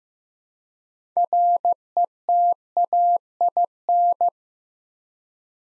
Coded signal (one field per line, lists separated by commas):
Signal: Morse code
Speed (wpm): 15 wpm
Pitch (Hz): 700 Hz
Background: none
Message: RETAIN